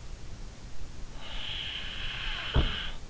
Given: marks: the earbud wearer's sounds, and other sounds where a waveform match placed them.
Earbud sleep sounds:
sounds in sleep by an in-ear microphone; snoring breath
1.27-3.04 s: snoring breath

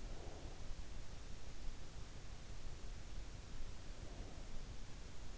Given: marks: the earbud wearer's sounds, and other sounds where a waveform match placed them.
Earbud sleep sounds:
sounds in sleep by an in-ear microphone; breath
0.00-1.34 s: breath
3.57-4.95 s: breath

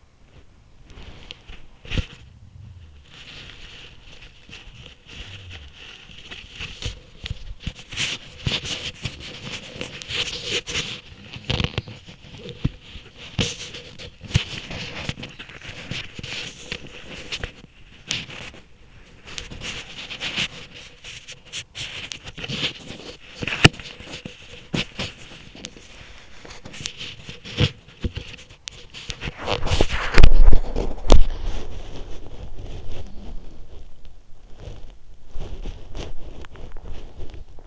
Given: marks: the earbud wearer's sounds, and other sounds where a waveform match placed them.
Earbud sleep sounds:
sounds in sleep by an in-ear microphone; body movement, teeth grinding
0.00-37.67 s: body movement
36.33-37.14 s: teeth grinding

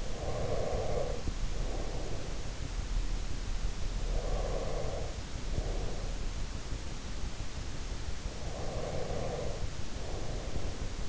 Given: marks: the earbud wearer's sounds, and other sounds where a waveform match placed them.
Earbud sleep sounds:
sounds in sleep by an in-ear microphone; breath
0.00-2.58 s: breath
4.13-6.28 s: breath
8.34-11.09 s: breath

